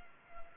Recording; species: mosquito wingbeat signal from an infrared sensor; Culex pipiens